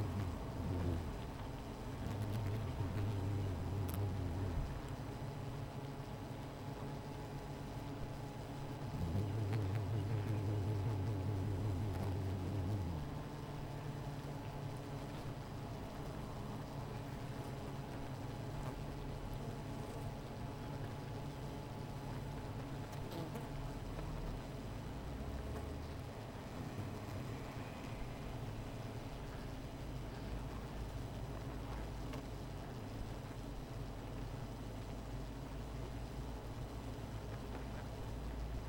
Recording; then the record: honeybee colony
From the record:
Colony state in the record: missing queen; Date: 14 July 2017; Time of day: 16:28